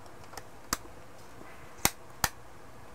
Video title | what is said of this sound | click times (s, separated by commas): Opening of BOBOVR M2 Pro Headstrap for Oculus/Meta Quest 2 | bottom's clicked in. I heard three clicks. | 0.7 s, 1.8 s, 2.2 s